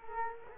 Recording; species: mosquito wingbeat signal from an infrared sensor; Culex quinquefasciatus